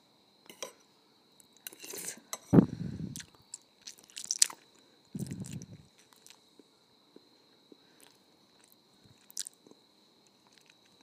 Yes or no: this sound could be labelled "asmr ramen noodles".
yes